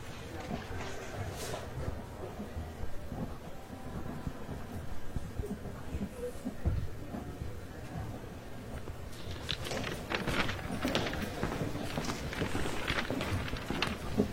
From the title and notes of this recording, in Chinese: 公共图书馆沉浸式学习 图书馆环境音 打字声 写字翻书。